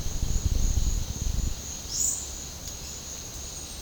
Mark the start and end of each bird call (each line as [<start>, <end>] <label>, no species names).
[1.88, 2.32] bird call